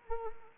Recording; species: mosquito wingbeat signal from an infrared sensor; Anopheles arabiensis